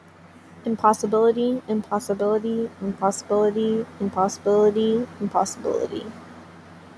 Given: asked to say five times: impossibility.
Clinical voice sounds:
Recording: repeated word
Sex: female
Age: 20 to 29 years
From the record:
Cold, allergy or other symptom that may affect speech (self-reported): no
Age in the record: 20 years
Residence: Florida, United States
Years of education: 14

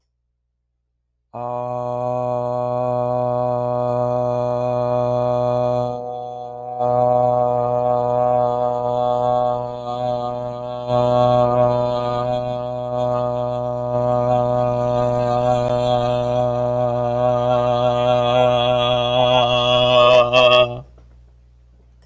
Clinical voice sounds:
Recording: vowel held as long as possible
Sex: male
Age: 30 to 39 years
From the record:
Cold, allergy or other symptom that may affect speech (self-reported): no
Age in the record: 35 years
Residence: Virginia, United States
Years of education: 16

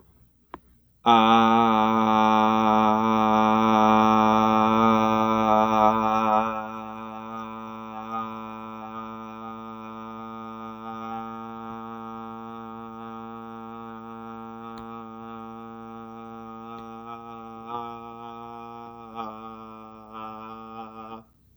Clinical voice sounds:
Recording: vowel held as long as possible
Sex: male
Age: 40 to 49 years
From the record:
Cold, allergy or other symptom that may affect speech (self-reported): no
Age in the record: 43 years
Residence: Wyoming, United States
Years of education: 16

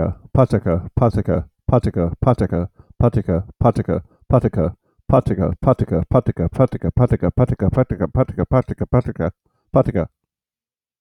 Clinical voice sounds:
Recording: repeated syllables /pa ta ka/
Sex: male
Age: 40 to 49 years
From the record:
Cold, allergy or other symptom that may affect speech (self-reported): no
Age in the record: 45 years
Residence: Iowa, United States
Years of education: 12

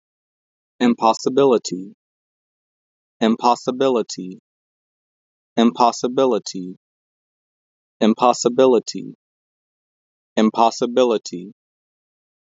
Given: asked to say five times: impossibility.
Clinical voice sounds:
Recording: repeated word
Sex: male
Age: 20 to 29 years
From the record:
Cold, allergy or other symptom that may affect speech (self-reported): no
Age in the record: 26 years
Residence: Florida, United States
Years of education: 18

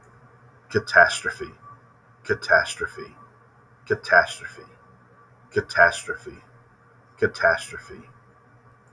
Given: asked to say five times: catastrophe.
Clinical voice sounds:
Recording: repeated word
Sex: male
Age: 30 to 39 years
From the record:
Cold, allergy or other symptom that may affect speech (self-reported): no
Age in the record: 35 years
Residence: Ohio, United States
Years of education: 16

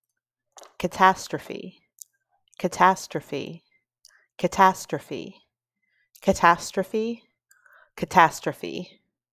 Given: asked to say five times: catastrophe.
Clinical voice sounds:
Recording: repeated word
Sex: female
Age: 30 to 39 years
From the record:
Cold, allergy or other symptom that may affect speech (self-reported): no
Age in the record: 35 years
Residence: Ohio, United States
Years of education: 16

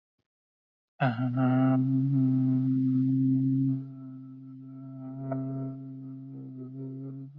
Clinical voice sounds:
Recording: vowel held as long as possible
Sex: male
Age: 30 to 39 years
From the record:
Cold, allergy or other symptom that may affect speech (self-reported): no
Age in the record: 37 years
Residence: Missouri, United States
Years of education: 18

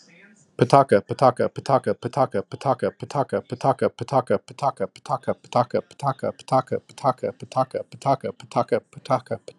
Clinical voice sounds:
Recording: repeated syllables /pa ta ka/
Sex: male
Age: 40 to 49 years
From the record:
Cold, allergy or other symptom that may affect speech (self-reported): no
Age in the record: 43 years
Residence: Virginia, United States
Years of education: 18

